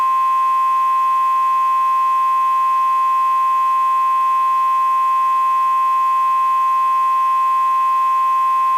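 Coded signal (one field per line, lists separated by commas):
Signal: Emergency Alert System (SAME) tones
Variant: 1050 Hz attention tone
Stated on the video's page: Mock EAS alert, fictional.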